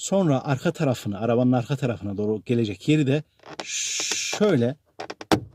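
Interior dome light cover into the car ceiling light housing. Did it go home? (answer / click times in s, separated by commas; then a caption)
yes / 5.3 s. Someone talks while fitting the plastic interior dome light cover of a Renault 9 Broadway, repaired and converted to LED, into the ceiling light housing: its front edge is seated first, then its rear edge is pressed up into the headliner housing. A broad hiss follows, then a few light taps, and the cover snaps into place with a sharp click at 5.3 s, seated.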